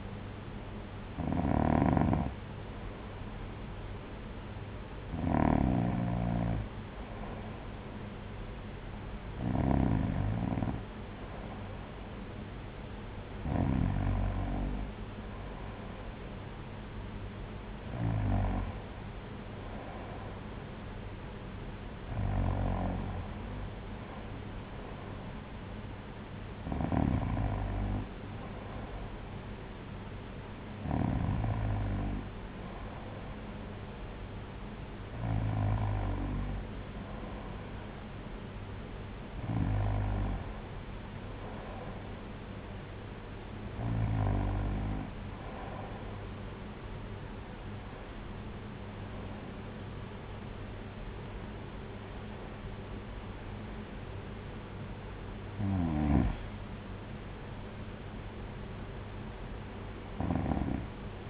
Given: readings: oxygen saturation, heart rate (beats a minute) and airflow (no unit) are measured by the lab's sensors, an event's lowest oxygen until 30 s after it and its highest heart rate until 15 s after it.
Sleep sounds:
breathing in sleep by a voice recorder at the bedside; none
none scored
From the record:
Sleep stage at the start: N2 (light sleep); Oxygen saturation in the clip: 93 to 94%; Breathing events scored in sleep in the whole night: 226 in 8.8 hours asleep

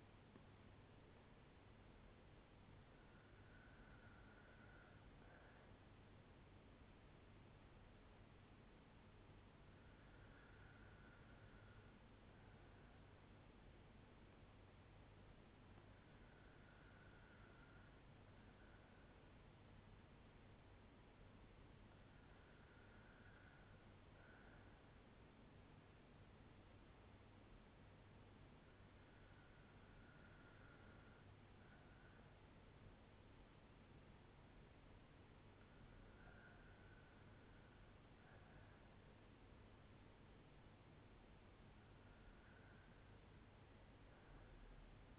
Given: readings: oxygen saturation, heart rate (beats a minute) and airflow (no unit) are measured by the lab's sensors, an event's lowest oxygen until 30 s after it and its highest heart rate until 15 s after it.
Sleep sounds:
breathing in sleep by a voice recorder at the bedside; none
none scored
From the record:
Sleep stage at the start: N2 (light sleep); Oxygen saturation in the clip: 93 to 96%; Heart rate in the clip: 55 to 61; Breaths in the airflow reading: 7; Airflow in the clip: -3.9 to 4.0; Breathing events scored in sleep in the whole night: 182 in 7.4 hours asleep

